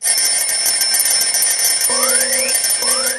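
An electronic alarm clock rings with a loud, shrill, rapidly pulsing high-pitched beep, joined near the end by two rising, siren-like chirps. No one speaks.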